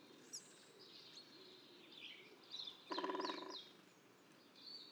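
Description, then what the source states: European green woodpecker drumming: one brief, fast, even burst of knocks lasting under a second, with other faint high calls before and after. Light drumming.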